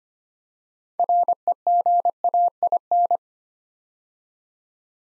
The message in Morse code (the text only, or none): REGAIN